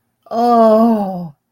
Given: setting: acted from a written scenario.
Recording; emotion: vocal sound without words; ecstasy